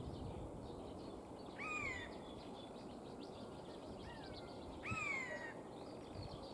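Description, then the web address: Eurasian jay calls: two loud, downslurred cries with harmonics, about three seconds apart, over steady rushing background noise. Voice, call and song. "la voix le cri le chant dun geai monde de la nature"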